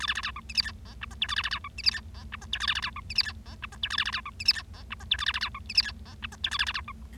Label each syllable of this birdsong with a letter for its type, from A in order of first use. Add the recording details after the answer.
A B B C D E F G H I J K A B B C D E F G H I J K A B B C D E F G H I J K A B B C D E F G H I J K A B B C D E F G H I J K A B B C D. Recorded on 25 March 2012 at 18:48. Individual gy6or6